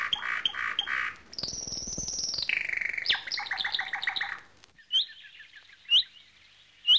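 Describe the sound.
Finch singing a varied phrase of buzzy notes, a drawn-out high whistle, then rapid twittered trills, followed by several single sharp chirps spaced about a second apart.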